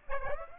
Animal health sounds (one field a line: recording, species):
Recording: mosquito wingbeat signal from an infrared sensor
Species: Aedes aegypti